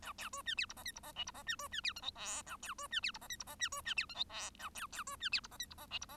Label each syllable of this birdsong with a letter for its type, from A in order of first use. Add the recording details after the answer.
A B C D E F G H F G I F G D C D E J K L A B C D E F G H F G D C D E J K L A B A C D E F G H F G I F G. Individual Bird1